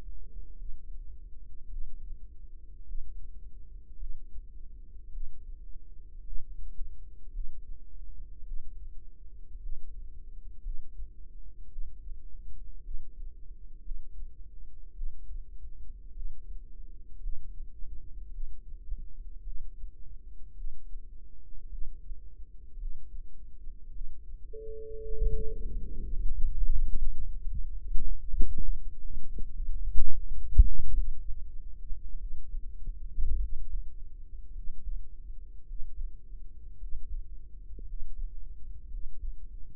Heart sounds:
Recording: heart sounds by microphone in the right ear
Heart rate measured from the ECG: 53 bpm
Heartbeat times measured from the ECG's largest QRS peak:
0.56 s: heartbeat
1.69 s: heartbeat
2.86 s: heartbeat
3.97 s: heartbeat
5.11 s: heartbeat
6.24 s: heartbeat
7.32 s: heartbeat
8.44 s: heartbeat
9.60 s: heartbeat
10.62 s: heartbeat
11.69 s: heartbeat
12.82 s: heartbeat
13.82 s: heartbeat
14.94 s: heartbeat
16.13 s: heartbeat
17.20 s: heartbeat
18.31 s: heartbeat
19.43 s: heartbeat
20.55 s: heartbeat
21.70 s: heartbeat
22.78 s: heartbeat
23.92 s: heartbeat
25.05 s: heartbeat
26.04 s: heartbeat
26.96 s: heartbeat
28.30 s: heartbeat
29.64 s: heartbeat
30.94 s: heartbeat
32.17 s: heartbeat
33.38 s: heartbeat
34.52 s: heartbeat
35.64 s: heartbeat
36.77 s: heartbeat
37.85 s: heartbeat
38.88 s: heartbeat
From the record:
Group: healthy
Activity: rest 0-25 s, Valsalva maneuver 25-40 s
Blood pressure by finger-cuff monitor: 92/57 mmHg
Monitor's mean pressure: 68 mmHg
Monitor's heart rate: 54 bpm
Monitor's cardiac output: 4.8 L/min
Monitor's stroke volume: 90 mL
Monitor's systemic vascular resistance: 1030 dyn s/cm5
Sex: female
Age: 28 years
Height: 170 cm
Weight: 77 kg

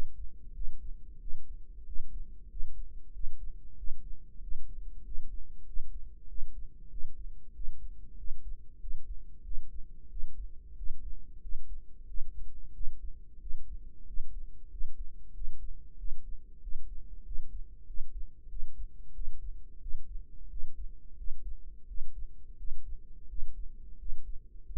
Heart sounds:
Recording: heart sounds by microphone in the right ear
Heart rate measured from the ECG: 92 bpm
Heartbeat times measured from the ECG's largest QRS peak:
0.55 s: heartbeat
1.21 s: heartbeat
1.87 s: heartbeat
2.51 s: heartbeat
3.14 s: heartbeat
3.78 s: heartbeat
4.42 s: heartbeat
5.06 s: heartbeat
5.67 s: heartbeat
6.29 s: heartbeat
6.91 s: heartbeat
7.55 s: heartbeat
8.18 s: heartbeat
8.82 s: heartbeat
9.45 s: heartbeat
10.11 s: heartbeat
10.77 s: heartbeat
11.43 s: heartbeat
12.08 s: heartbeat
12.74 s: heartbeat
13.41 s: heartbeat
14.08 s: heartbeat
14.72 s: heartbeat
15.35 s: heartbeat
15.99 s: heartbeat
16.62 s: heartbeat
17.26 s: heartbeat
17.88 s: heartbeat
18.50 s: heartbeat
19.15 s: heartbeat
19.82 s: heartbeat
20.51 s: heartbeat
21.18 s: heartbeat
21.88 s: heartbeat
22.59 s: heartbeat
23.30 s: heartbeat
24.00 s: heartbeat
24.67 s: heartbeat
From the record:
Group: healthy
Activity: rest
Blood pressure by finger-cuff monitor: 147/76 mmHg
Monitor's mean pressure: 96 mmHg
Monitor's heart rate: 93 bpm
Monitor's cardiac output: 8.1 L/min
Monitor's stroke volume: 89 mL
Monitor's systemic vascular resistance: 870 dyn s/cm5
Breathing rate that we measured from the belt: 20 breaths a minute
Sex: male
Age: 21 years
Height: 175 cm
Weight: 72.6 kg

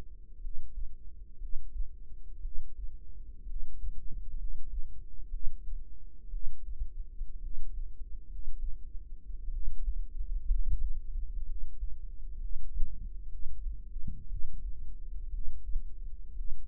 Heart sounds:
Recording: heart sounds by microphone in the right ear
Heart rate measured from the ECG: 60 bpm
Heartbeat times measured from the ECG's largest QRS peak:
0.38 s: heartbeat
1.36 s: heartbeat
2.39 s: heartbeat
3.44 s: heartbeat
4.34 s: heartbeat
5.28 s: heartbeat
6.28 s: heartbeat
7.38 s: heartbeat
8.25 s: heartbeat
9.48 s: heartbeat
10.45 s: heartbeat
11.43 s: heartbeat
12.37 s: heartbeat
13.27 s: heartbeat
14.25 s: heartbeat
15.29 s: heartbeat
16.32 s: heartbeat
From the record:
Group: healthy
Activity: rest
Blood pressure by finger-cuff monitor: 114/74 mmHg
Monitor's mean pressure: 86 mmHg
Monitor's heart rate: 60 bpm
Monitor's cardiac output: 4.8 L/min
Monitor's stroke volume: 80 mL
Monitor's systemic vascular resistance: 1310 dyn s/cm5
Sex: female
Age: 22 years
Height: 171 cm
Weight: 65.6 kg

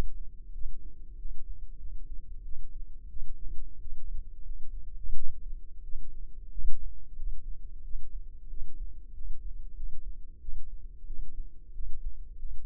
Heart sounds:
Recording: heart sounds by microphone in the left ear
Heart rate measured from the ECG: 91 bpm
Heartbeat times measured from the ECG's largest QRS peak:
0.52 s: heartbeat
1.17 s: heartbeat
1.78 s: heartbeat
2.43 s: heartbeat
3.08 s: heartbeat
3.79 s: heartbeat
4.43 s: heartbeat
5.13 s: heartbeat
5.82 s: heartbeat
6.50 s: heartbeat
7.14 s: heartbeat
7.82 s: heartbeat
8.48 s: heartbeat
9.13 s: heartbeat
9.74 s: heartbeat
10.40 s: heartbeat
11.05 s: heartbeat
11.73 s: heartbeat
12.37 s: heartbeat
From the record:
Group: healthy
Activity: rest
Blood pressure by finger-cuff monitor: 80/56 mmHg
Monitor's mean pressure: 63 mmHg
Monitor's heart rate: 93 bpm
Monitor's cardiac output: 7.1 L/min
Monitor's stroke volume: 78 mL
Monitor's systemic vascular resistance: 640 dyn s/cm5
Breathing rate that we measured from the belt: 23 breaths a minute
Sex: female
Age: 19 years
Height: 163 cm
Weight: 48.9 kg

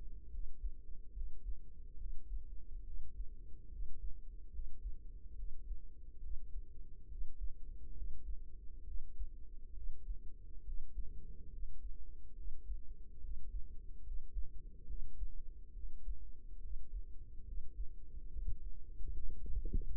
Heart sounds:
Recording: heart sounds by microphone in the right ear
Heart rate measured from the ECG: 70 bpm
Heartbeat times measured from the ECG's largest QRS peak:
0.29 s: heartbeat
1.12 s: heartbeat
1.96 s: heartbeat
2.83 s: heartbeat
3.68 s: heartbeat
4.50 s: heartbeat
5.34 s: heartbeat
6.20 s: heartbeat
7.07 s: heartbeat
7.93 s: heartbeat
8.83 s: heartbeat
9.73 s: heartbeat
10.63 s: heartbeat
11.49 s: heartbeat
12.34 s: heartbeat
13.19 s: heartbeat
14.02 s: heartbeat
14.85 s: heartbeat
15.72 s: heartbeat
16.59 s: heartbeat
17.43 s: heartbeat
18.29 s: heartbeat
19.12 s: heartbeat
19.93 s: heartbeat
From the record:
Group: healthy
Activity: rest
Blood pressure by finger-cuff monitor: 141/87 mmHg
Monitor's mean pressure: 105 mmHg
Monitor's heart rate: 71 bpm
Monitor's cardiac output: 5.6 L/min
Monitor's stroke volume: 79 mL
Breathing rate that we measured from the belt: 18 breaths a minute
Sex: male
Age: 35 years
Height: 178 cm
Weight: 64 kg

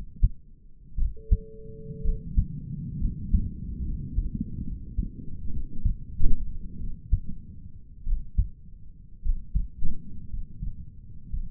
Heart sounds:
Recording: heart sounds by stethoscope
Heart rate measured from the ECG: 58 bpm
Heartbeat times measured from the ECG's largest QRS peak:
0.98 s: heartbeat
2.04 s: heartbeat
3.01 s: heartbeat
3.85 s: heartbeat
4.66 s: heartbeat
5.52 s: heartbeat
6.79 s: heartbeat
8.06 s: heartbeat
9.23 s: heartbeat
10.30 s: heartbeat
11.30 s: heartbeat
From the record:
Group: healthy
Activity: rest 0-4 s, breath hold 4-12 s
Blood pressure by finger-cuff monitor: 109/70 mmHg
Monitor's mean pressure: 85 mmHg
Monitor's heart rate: 56 bpm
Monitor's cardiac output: 5.8 L/min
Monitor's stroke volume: 85 mL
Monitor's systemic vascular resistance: 1030 dyn s/cm5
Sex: male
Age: 22 years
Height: 181 cm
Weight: 79 kg

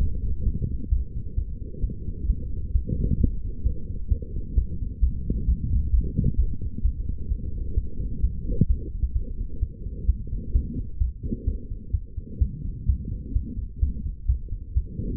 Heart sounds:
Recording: heart sounds by stethoscope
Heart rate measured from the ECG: 130 bpm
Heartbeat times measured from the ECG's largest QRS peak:
0.44 s: heartbeat
0.90 s: heartbeat
1.36 s: heartbeat
1.82 s: heartbeat
2.27 s: heartbeat
2.73 s: heartbeat
3.18 s: heartbeat
3.64 s: heartbeat
4.09 s: heartbeat
4.55 s: heartbeat
5.01 s: heartbeat
5.46 s: heartbeat
5.91 s: heartbeat
6.37 s: heartbeat
6.83 s: heartbeat
7.29 s: heartbeat
7.75 s: heartbeat
8.22 s: heartbeat
8.68 s: heartbeat
9.14 s: heartbeat
9.60 s: heartbeat
10.07 s: heartbeat
10.53 s: heartbeat
10.99 s: heartbeat
11.45 s: heartbeat
11.92 s: heartbeat
12.39 s: heartbeat
12.87 s: heartbeat
13.33 s: heartbeat
13.80 s: heartbeat
14.27 s: heartbeat
14.75 s: heartbeat
From the record:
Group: healthy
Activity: light exercise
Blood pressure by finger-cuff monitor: 132/96 mmHg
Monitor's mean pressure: 110 mmHg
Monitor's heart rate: 130 bpm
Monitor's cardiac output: 8.7 L/min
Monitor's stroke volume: 67 mL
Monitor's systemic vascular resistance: 910 dyn s/cm5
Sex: female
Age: 22 years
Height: 161 cm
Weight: 65.5 kg

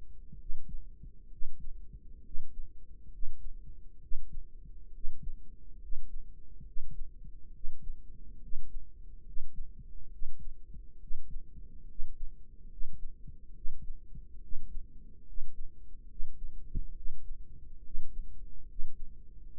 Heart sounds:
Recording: heart sounds by microphone in the right ear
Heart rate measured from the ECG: 69 bpm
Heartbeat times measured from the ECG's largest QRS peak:
0.39 s: heartbeat
1.31 s: heartbeat
2.25 s: heartbeat
3.12 s: heartbeat
4.02 s: heartbeat
4.94 s: heartbeat
5.82 s: heartbeat
6.66 s: heartbeat
7.54 s: heartbeat
8.42 s: heartbeat
9.26 s: heartbeat
10.12 s: heartbeat
11.01 s: heartbeat
11.89 s: heartbeat
12.71 s: heartbeat
13.55 s: heartbeat
14.42 s: heartbeat
15.27 s: heartbeat
16.10 s: heartbeat
16.96 s: heartbeat
17.84 s: heartbeat
18.69 s: heartbeat
19.51 s: heartbeat
From the record:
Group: healthy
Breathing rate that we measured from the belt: 19 breaths a minute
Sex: male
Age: 30 years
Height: 188 cm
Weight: 110.2 kg

